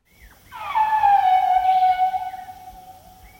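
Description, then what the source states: Asian elephant giving one drawn-out squealing call with bright, layered harmonics, dropping slightly in pitch, then holding steady and fading. Recorded in March 1999 in Nepal.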